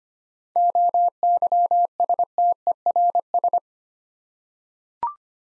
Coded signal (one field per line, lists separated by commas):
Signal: Morse code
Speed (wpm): 25 wpm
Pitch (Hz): 700 Hz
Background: none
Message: OYSTERS